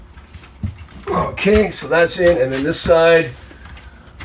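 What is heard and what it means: A vinyl window blind's headrail is being handled at its wall or window mounting bracket while someone talks. Nothing has seated or clicked yet; the clip ends just before the second end of the headrail goes home, with only a brief faint sound near the end.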